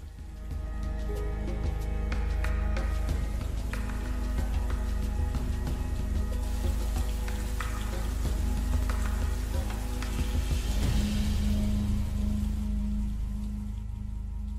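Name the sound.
rain falling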